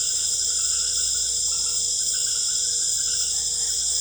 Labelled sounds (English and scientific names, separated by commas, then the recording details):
none
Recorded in secondary vegetation near Puerto Asís, Putumayo, Colombia, on 26 December 2024 at 19:00
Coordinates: 0.488, -76.319
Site GP04